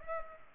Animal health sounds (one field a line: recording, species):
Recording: mosquito wingbeat signal from an infrared sensor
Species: Culex pipiens